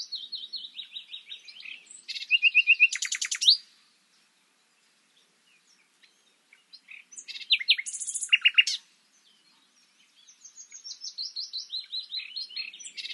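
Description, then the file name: Common nightingale singing varied phrases, with rapid chattering bursts and buzzy rattles broken by a few seconds of silence, then a series of quick notes. "Luscinia megarhynchos"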